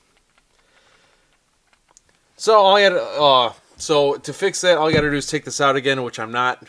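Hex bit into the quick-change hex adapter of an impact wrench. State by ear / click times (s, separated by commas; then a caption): not seated / none. A 1/4 hex bit is pushed into the converted 3/8 to 1/4 hex quick-change adapter of an impact wrench, but the adapter's internal ball bearing is out of position. Only faint small taps are heard in the first two seconds, then someone talks from about 2.4 s. The bit has not locked in, and no locking click is heard.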